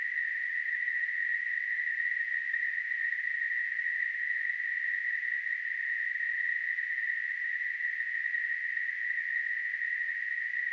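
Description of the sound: A steady, unbroken hiss centered in the mid-high pitch range, about 2 kHz, holds at constant loudness throughout with no breaks or pulsing. It is a simulation of tinnitus, the constant ringing or hissing heard in the ears.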